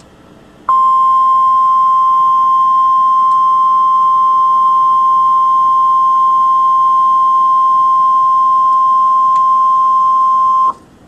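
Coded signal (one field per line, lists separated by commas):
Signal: Emergency Alert System (SAME) tones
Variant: 1050 Hz attention tone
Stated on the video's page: Flash Flood Warning from the Norman, Oklahoma weather office.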